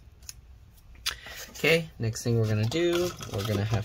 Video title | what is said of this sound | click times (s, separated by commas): DELL Inspiron 15 5578 2-in-1 2n1 Disassembly RAM SSD Hard Drive Upgrade Battery Replacement Repair | get that in at an angle and we'll click it down all right | 0.3 s